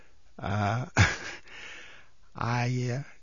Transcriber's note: he chuckles